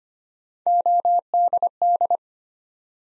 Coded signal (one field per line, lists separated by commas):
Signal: Morse code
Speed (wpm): 25 wpm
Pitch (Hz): 700 Hz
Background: none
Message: ODD